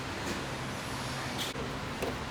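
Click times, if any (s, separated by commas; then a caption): none. A plastic coolant expansion reservoir is handled and fitted into its mount in the engine bay of a 2021 Tiguan. A steady low rumble runs throughout, broken by brief plastic rustles and taps near 0.3, 1.4 and 2.0 seconds. The reservoir has not yet snapped into place, and nothing has seated or clicked.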